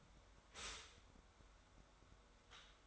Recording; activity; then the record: daily activity, microphone in the room; stop toaster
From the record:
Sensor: 3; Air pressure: 1014.7 hPa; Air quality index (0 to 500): 200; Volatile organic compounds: 26 ppm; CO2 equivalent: 2864 ppm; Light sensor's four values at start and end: 4/10/4/4 and 4/10/4/4